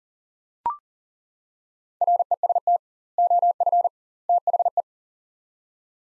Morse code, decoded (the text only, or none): REST OF THE